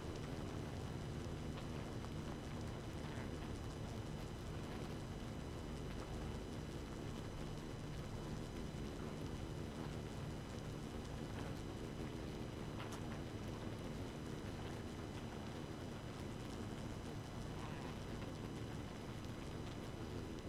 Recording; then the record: honeybee colony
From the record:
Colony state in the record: active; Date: 12 June 2018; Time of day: 2:37